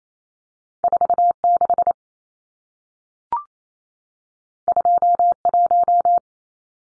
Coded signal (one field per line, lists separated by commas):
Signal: Morse code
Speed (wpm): 28 wpm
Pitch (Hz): 700 Hz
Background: none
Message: 46 21